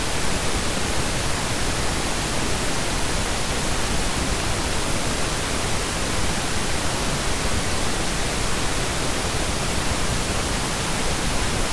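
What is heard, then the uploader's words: Pink noise plays as an unbroken, even hiss with no events or pauses. The sound is dense and full, with a soft, rounded low end under a smooth top, and the level holds completely steady for the whole stretch. In this episode, we bring you the gentle and relaxing sounds of pink noise. Calming Pink Noise.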